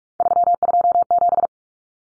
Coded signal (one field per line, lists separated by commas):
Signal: Morse code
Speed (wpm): 44 wpm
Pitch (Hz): 700 Hz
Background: none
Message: 327